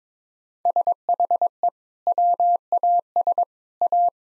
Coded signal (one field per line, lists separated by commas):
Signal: Morse code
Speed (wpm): 22 wpm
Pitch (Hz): 700 Hz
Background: none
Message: SHE WAS A